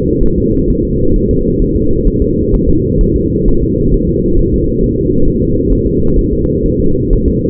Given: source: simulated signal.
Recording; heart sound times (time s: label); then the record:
fetal heart sounds
0.23 s: S1
0.38 s: S2
0.70 s: S1
0.85 s: S2
1.16 s: S1
1.31 s: S2
1.62 s: S1
1.77 s: S2
2.07 s: S1
2.22 s: S2
2.54 s: S1
2.69 s: S2
3.01 s: S1
3.16 s: S2
3.48 s: S1
3.63 s: S2
3.94 s: S1
4.09 s: S2
4.39 s: S1
4.54 s: S2
4.83 s: S1
4.98 s: S2
5.28 s: S1
5.42 s: S2
5.73 s: S1
5.87 s: S2
6.19 s: S1
6.33 s: S2
6.66 s: S1
6.80 s: S2
7.13 s: S1
7.28 s: S2
From the record:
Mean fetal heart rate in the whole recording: 130 bpm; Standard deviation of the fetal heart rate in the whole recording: 4 bpm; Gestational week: 38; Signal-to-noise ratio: -16.4 dB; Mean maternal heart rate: 72 bpm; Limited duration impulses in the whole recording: present